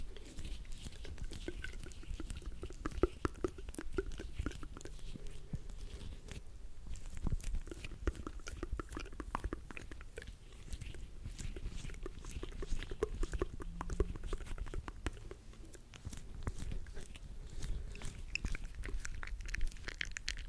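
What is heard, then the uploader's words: Wet mouth sounds fill the whole clip: rapid, dense clicks, smacks and chewing-like crackles with no real pauses. The texture is steady and busy throughout, crisp and bright on top, over a soft low rumble, with slightly louder pops here and there. ASMR Mouth Sounds.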